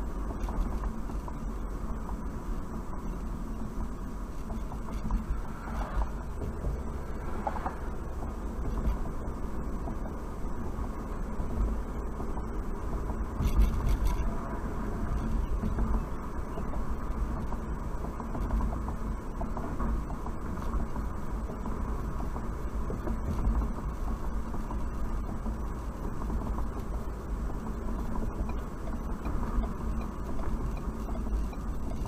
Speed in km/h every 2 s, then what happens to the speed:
53, 48, 45, 48, 55, 56, 61, 64, 64, 63, 63, 60, 60, 61, 61, 55.
0-5 slows to 45. 5-17 speeds up to 64. 17-28 steady at about 61. 28-32 slows to 55.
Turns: none.